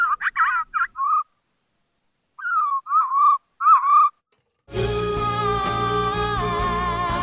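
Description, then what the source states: Northern mockingbird song, a quick warbled whistled phrase, then after a pause the same phrase sung slower and drawn out; music follows. Mockingbird example of stretching tone sequences: the melody drawn out and sung more slowly on repetition, composition strategy number 3 of four identified by researchers.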